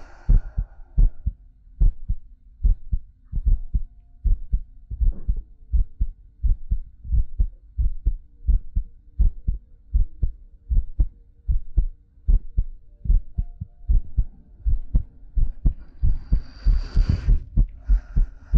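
A steady adult heartbeat heard up close, with regular low, thudding beats and soft breathing sounds, in an ASMR style.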